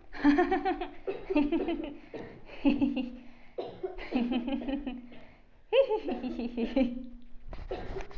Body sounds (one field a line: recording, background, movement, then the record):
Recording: laughter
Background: a bystander coughing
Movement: sitting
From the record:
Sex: female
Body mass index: 22.6 kg/m2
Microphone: on the chest, facing outward